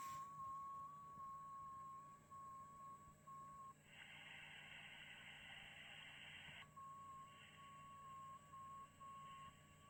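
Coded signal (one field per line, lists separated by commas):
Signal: JS8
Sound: steady-sounding single tone with slight pitch steps, broken by a burst of wide hiss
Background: radio static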